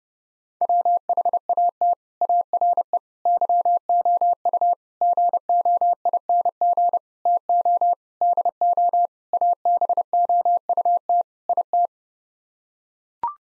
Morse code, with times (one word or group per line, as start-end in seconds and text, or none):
0.6-1.9 WHAT
2.2-3.0 ARE
3.3-4.7 YOU
5.0-7.0 GOING
7.3-7.9 TO
8.2-9.1 DO
9.3-11.2 ABOUT
11.5-11.9 IT